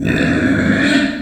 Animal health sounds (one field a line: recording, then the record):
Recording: squeal of a Yucatan mini pig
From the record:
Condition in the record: after surgery on the right vocal fold (resection and tissue-engineered implant)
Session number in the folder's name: 4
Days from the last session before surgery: 26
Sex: female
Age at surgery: 19 weeks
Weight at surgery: 25 kg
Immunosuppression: prednisolone